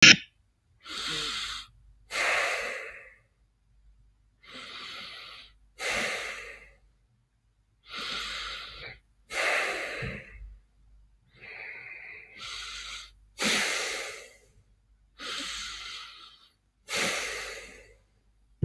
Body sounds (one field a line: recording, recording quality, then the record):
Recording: deep breathing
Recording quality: excellent, no background noise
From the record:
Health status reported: healthy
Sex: male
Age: 29 years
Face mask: not worn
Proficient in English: yes